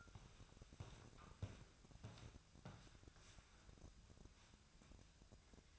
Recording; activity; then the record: daily activity, microphone in the room; walk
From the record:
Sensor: 2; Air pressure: 1012.1 hPa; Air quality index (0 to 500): 172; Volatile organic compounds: 2 ppm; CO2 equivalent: 1258 ppm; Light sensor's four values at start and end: 49/119/53/62 and 43/115/49/54